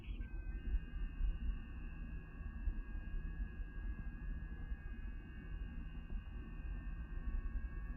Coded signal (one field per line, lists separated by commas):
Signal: FT8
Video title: FT8CN - An android app for FT8